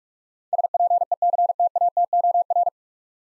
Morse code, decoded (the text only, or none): SPECTATOR